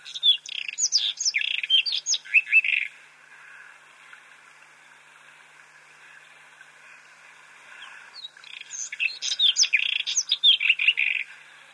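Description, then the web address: White-throated robin singing two scratchy, jumbled warbling phrases of quick high chirps and whistles, separated by a pause of about five seconds. "Schulze Peter White-throated Robin song"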